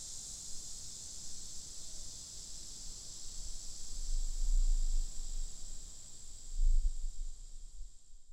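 Lyric cicada producing a continuous high buzzing drone that fades near the end, over low rumbling noise.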